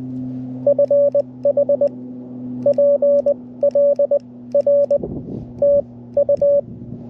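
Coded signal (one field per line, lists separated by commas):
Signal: Morse code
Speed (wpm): 20 wpm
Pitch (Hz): 560 Hz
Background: none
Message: FH PL R TU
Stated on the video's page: QRP CW summit activation on 7.062, 14.0635, 18.0835, 21.061 and 28.0635, vertical antenna, poor sending admitted.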